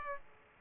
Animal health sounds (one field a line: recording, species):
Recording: mosquito wingbeat signal from an infrared sensor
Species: Aedes aegypti